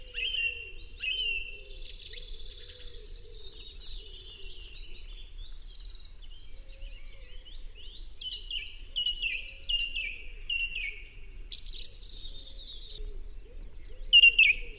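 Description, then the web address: Song thrush singing a rich, varied song of short, high phrases, several notes repeated in quick runs, with a steady low rumble underneath. "chant Grive musicienne"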